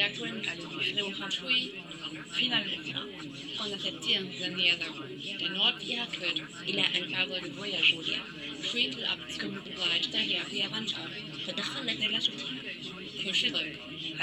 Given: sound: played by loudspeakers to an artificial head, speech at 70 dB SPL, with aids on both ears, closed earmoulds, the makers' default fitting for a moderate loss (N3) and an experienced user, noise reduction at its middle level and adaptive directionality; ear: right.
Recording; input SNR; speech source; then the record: speech test signal (ISTS) in cocktail-party noise; -3 dB; on the right (90 degrees)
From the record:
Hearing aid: class 1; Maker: C